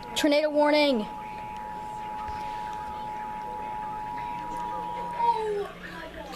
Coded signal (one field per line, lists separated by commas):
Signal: Emergency Alert System (SAME) tones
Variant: 853 and 960 Hz attention tone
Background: speech